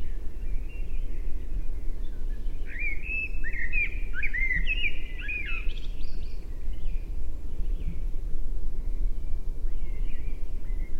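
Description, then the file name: Common blackbird phrases: a run of fluty, warbling notes in the middle, then sparse quieter chirps, over a steady low rumbling roar. "Turdus merula"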